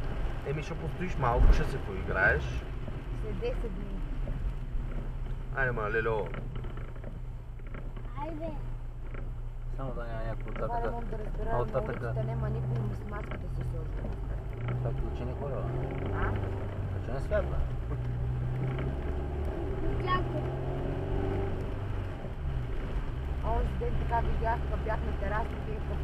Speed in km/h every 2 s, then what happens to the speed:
48, 35, 17, 5, 0, 0, 0, 13, 21, 27, 36, 39, 42.
0-7 brakes to 0. 7-12 standing. 12-26 pulls away to 42.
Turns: none.